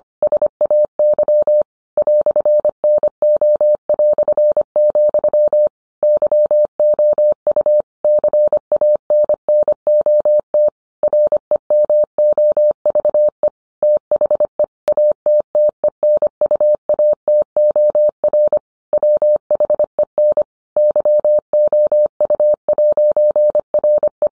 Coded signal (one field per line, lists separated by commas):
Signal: Morse code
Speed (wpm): 25 wpm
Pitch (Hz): 600 Hz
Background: none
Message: SAY "NO", YOU CANNOT REMOVE THE ATTENUATOR WHEN YOU'RE